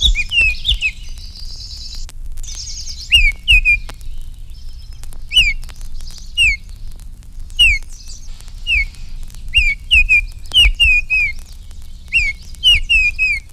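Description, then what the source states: Baltimore Oriole singing many clear, slurred whistled notes in short phrases, with softer, higher buzzy sounds at times. Loud, clear, relatively low-pitched song of single notes and slurred phrases.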